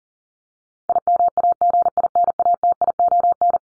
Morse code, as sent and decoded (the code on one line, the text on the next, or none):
.. -- .- --. .. -. .- - .. --- -.
IMAGINATION